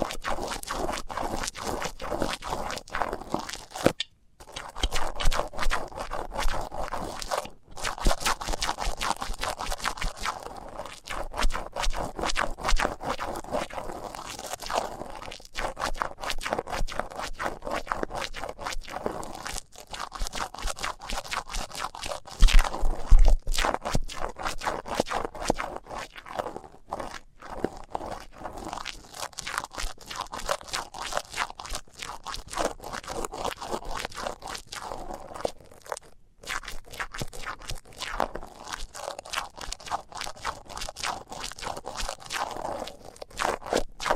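Tape over microphones is rubbed and pressed, making a dense, constant crinkling and crunching scratch with fine crackle throughout. The texture stays busy and even, broken by brief silences near 4, 7, 27 and 36 seconds and a sharper bump around 23 seconds.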